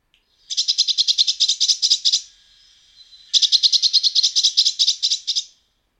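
Eurasian blue tit calling in two bursts of high, fast repeated notes, each lasting about two seconds, separated by a faint steady sound.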